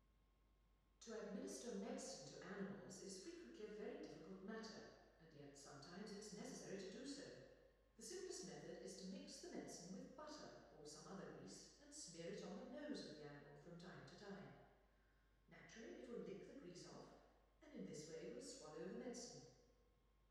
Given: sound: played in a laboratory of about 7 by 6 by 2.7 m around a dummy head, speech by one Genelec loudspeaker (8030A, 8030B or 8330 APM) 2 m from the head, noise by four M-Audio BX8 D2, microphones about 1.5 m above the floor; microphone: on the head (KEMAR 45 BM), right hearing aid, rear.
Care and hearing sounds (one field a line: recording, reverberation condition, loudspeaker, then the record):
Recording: female speech in English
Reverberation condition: high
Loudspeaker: 120 degrees to the left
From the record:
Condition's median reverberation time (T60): about 1300 ms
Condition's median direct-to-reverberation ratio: about -4.0 dB